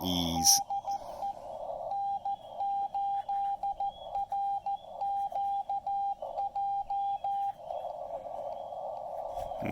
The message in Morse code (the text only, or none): DE N8RQJ